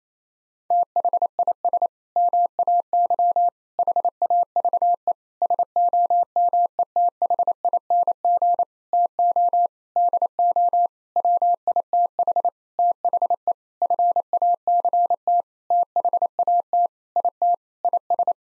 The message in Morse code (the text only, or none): THIS MAY HAVE SOMETHING TO DO WITH THE FACT THAT IT IS